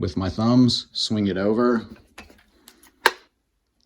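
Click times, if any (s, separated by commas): 3.1 s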